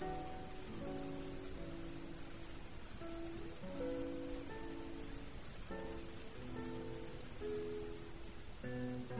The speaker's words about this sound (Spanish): Platero y yo conocemos bien, de nuestras correrías nocturnas, el canto del grillo. El primer canto del grillo, en el crepúsculo, es vacilante, bajo y áspero. Muda de tono, aprende de sí mismo y, poco a poco, va subiendo